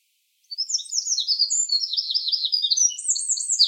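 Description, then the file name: Eurasian wren song beginning after a short silence: fast, piercing high notes and rattling trills continuing without a break to the end. "Troglodytes troglodytes"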